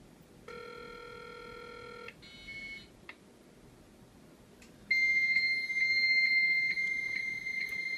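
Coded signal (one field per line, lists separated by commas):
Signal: dial-up modem handshake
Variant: 300 baud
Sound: brief dial-type tones and clicks, then a loud steady high answer tone with periodic blips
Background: room noise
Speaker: I'm going to dial up rotary, because it only supports a rotary phone. I'm going to dial up to the server at 300 baud. So here we go.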